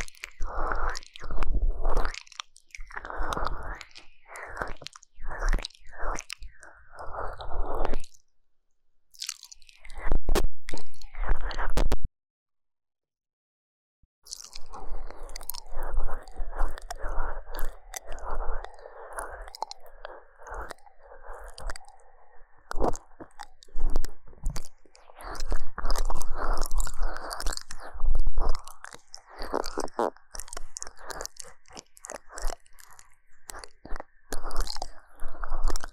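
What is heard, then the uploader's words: Wet ear licking and mouth sounds, a dense run of smacks, slurps and clicks packed closely together. A short pause near eight seconds and a full silence around twelve to fourteen seconds break it up, then the moist, squishy licking resumes steadily to the end. 3DIO耳舐. 口腔音. Deep Ear Licking. NO Talking.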